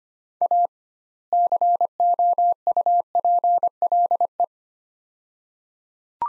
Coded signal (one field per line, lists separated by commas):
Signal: Morse code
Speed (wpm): 25 wpm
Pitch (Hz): 700 Hz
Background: none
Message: A COUPLE